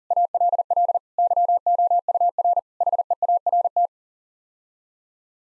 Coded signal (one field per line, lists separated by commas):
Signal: Morse code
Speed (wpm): 40 wpm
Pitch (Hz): 700 Hz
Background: none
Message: ALL YOUR HEART